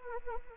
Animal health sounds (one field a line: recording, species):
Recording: mosquito wingbeat signal from an infrared sensor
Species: Anopheles arabiensis